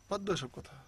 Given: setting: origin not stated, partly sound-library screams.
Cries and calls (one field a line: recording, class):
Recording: one-second piece from a danger detection set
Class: normal situation